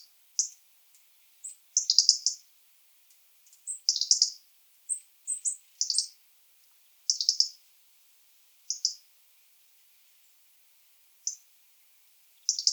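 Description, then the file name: European robin calling: sharp ticking notes in rapid groups, spaced irregularly, mixed with brief thin high-pitched seeps. "Erithacus rubecula"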